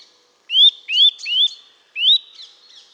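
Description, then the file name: Eurasian nuthatch with three quick upslurred whistles, a short pause, then one more rising note followed by softer high chips. "Sitta europaea"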